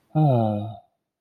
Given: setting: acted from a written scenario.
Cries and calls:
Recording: vocal sound without words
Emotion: neutral

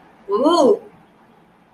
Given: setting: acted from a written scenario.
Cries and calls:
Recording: vocal sound without words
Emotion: disgust

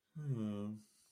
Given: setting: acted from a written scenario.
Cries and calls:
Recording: vocal sound without words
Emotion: shame

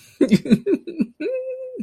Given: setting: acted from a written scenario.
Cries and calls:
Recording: vocal sound without words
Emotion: elation

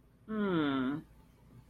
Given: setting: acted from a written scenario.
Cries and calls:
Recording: vocal sound without words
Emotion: interest

